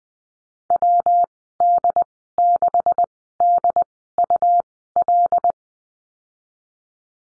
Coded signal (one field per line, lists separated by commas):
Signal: Morse code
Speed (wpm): 20 wpm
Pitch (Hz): 700 Hz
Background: none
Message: WD6DUL